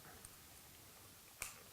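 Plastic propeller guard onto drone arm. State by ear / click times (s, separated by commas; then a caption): seated / 0.2 s, 1.4 s. A flexible plastic propeller guard is bent and fitted onto the arm of a small Mavic Mini drone, with a faint first click at about 0.3 s and a louder, sharper second click at about 1.4 s. Both clicks are heard, and the guard is seated in place.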